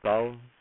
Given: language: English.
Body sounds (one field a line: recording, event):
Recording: throat vibration sensor signal played as sound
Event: speech